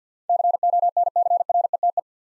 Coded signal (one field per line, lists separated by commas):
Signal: Morse code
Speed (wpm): 50 wpm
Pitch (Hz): 700 Hz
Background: none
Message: CONCRETE